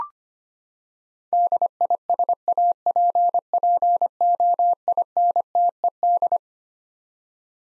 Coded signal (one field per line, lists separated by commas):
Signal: Morse code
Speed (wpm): 25 wpm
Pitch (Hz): 700 Hz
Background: none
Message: DISAPPOINTED